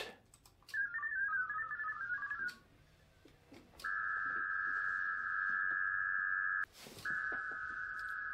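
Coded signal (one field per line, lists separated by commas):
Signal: HF data modem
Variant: VARA HF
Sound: brief warbling tone burst, then two long steady hissing data bursts near 1.5 kHz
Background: quiet room, faint clicks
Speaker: see right here it is saying it's going to send my email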